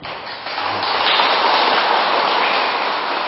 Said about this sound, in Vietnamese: Các vị cho tràng pháo tay có nghĩa là các vị hoan hỷ phải không?